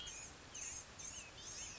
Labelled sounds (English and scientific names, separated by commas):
Blue-gray Gnatcatcher (Polioptila caerulea)